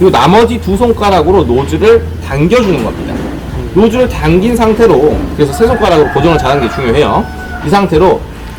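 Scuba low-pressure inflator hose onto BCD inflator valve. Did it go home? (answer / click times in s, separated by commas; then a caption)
no / none. Someone talks while holding a scuba low-pressure inflator hose with three fingers and pulling back its metal coupling sleeve with two, readying it to push onto the BCD inflator valve. The hose has not been pushed home yet, so nothing has seated or clicked.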